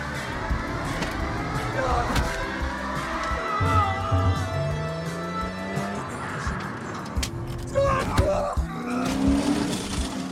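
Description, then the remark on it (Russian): Car chase: engines roar and rev with rising, falling pitch as vehicles speed along, tires squealing and skidding, sharp thuds and bangs throughout, with indistinct voices mixed into the steady loud din. “Машина сзади не отстает.”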